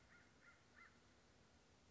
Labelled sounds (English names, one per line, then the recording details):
American Crow
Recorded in Sonoma County, California